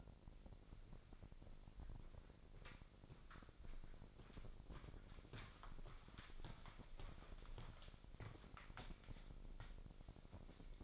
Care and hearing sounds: daily activity, microphone in the room; walk to room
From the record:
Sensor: 5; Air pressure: 999.6 hPa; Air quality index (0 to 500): 217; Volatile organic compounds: 19 ppm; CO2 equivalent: 2659 ppm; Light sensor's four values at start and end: 35/81/32/31 and 33/74/30/29

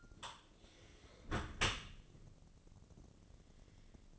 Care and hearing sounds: daily activity, microphone in the room; close dishwasher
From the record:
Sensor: 4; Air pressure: 1013.2 hPa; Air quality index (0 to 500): 178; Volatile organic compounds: 2 ppm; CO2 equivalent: 1116 ppm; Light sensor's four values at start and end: 88/218/91/94 and 88/219/91/94

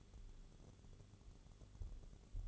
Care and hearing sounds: daily activity, microphone in the room; light on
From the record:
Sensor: 4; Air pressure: 1008.6 hPa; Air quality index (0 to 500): 97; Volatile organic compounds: 1 ppm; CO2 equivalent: 731 ppm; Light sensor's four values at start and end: 13/30/12/12 and 14/33/13/13

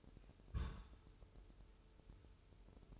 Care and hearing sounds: daily activity, microphone in the room; place on stove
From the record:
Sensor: 2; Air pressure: 988.1 hPa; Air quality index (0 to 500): 191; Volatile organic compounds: 187 ppm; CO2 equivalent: 4167 ppm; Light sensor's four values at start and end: 21/70/27/26 and 21/70/27/26

